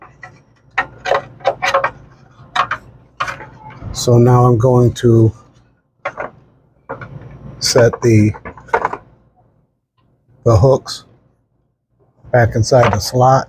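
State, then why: Not seated. A plastic bezel is being fitted onto the front panel of a Lancer dual pour soda dispenser, with its hooks set back inside the slot before the bezel is pushed home. Someone talks over short taps and handling knocks. Nothing has seated or clicked yet.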